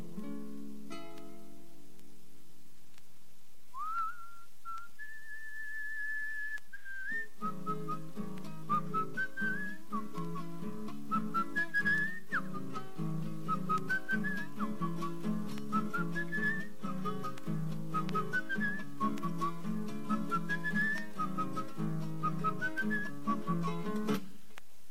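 A person whistles a melody, first a few long held notes, then repeated rising phrases, over steady strummed string accompaniment that enters after the opening notes.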